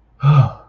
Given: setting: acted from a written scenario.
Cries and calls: vocal sound without words; relief

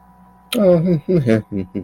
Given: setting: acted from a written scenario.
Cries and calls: vocal sound without words; neutral

